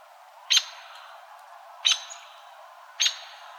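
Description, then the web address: Strickland's woodpecker giving three single sharp, high call notes, spaced a little over a second apart. Arizona, 28 May 2006. "Woodpeckers AZFO STWO 052806. deviche"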